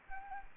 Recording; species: mosquito wingbeat signal from an infrared sensor; Anopheles arabiensis